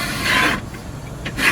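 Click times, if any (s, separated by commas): none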